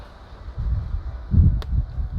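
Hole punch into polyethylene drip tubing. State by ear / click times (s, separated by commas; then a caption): seated / 1.6 s. A hole punch is pushed into polyethylene drip tubing to make a second hole, with low rumbling, wind-like noise in the background. A sharp, short snap at 1.6 s marks the punch going through the plastic line, and the hole is made.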